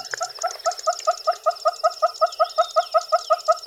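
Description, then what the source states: Southern Yellow-billed Hornbill giving a rapid series of hollow clucking notes, steady and even, with a thin high chirring trill running in the background. Range across southern Africa from Angola to the east; breeds in cavities; voice described as very funny; not very shy; copes very well with high temperatures.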